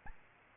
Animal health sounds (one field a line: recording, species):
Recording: mosquito wingbeat signal from an infrared sensor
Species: Aedes albopictus